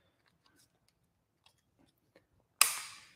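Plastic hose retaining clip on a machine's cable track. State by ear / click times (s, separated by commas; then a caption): seated / 2.6 s. A plastic retaining clip is pressed closed over hoses routed along a cable track on a machine, giving one sharp, loud snap at 2.6 s that rings briefly before fading. A few faint small handling ticks come before it. The clip snaps shut and locks the hoses in place.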